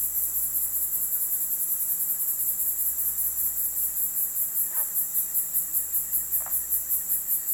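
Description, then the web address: Cricket chorus, continuous shrill pulsed chirping at a fast even rate, with two faint short bird calls near the end. Quiet night ambience in a residential country area, with birds in the background. "country ambience quiet night ambience crickets birds in bg residential"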